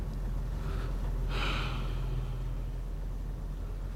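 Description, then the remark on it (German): Two deep, airy breaths of cold night air, a softer one then a longer, stronger exhale, drawn over a steady low rumble like an idling engine, with no talking. “Es tut gut, die kalte Nachtluft zu atmen.”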